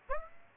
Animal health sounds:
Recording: mosquito wingbeat signal from an infrared sensor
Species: Aedes aegypti

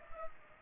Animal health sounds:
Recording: mosquito wingbeat signal from an infrared sensor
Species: Culex pipiens

